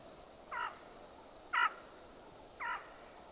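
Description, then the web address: Bird calls: three short, nasal, harmonic notes, each about a second apart, over a quiet background hiss. "cianscape. Deverinetal 2025. Bird Only"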